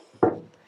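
A front trunk lid is lowered onto its body latch, making a single low, solid clunk at 0.2 s that fades over about a quarter second. This is the latch's first-stage catch, the first of two stages; the lid is not yet fully closed.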